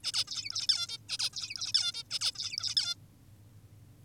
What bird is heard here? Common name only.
Zebra Finch